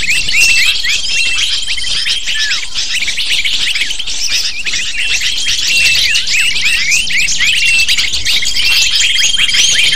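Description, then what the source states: Shrill lovebird chatter from a crowd of birds, fast repeated chirps and downslurred squeaks, with a long flat whistle toward the end. Recording of lovebird calls used to lure lovebirds.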